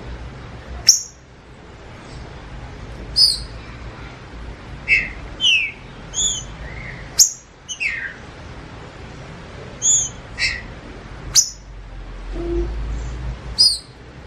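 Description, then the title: Green-winged Saltator giving scattered high whistled notes and short descending slurs, separated by loud sharp clicks, amid a low rumbling background. Trinca-ferro called Nicão, in the bush, singing in dispute with a free-living bird. "Trinca Ferro NICÃ O No Mato Disputando Com Solto"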